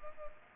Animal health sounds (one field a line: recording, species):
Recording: mosquito wingbeat signal from an infrared sensor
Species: Culex pipiens